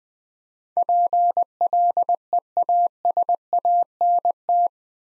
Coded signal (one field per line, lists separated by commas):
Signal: Morse code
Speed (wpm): 20 wpm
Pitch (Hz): 700 Hz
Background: none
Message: PLEASANT